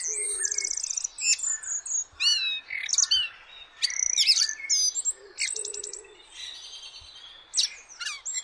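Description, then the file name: Common blackbird song: a few fluty notes broken by busy, squeaky high twittering and buzzy chatter, with faint low notes in the background. "Turdus merula"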